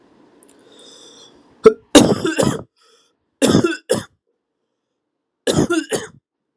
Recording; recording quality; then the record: heavy voluntary cough; excellent, no background noise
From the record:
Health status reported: COVID-19 positive, mild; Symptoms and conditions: cough, cold, sore throat, fever, fatigue, loss of smell and taste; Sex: male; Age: 27 years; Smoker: not ticked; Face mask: not worn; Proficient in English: yes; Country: India